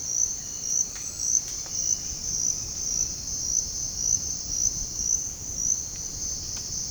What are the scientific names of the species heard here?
none